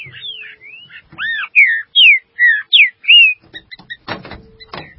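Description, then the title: Green-winged saltator song: a run of loud slurred whistles, some arched and doubled, followed by rattling knocks and a brief hum. "Trinca Ferro"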